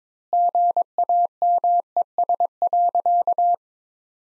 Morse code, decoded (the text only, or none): GAMES.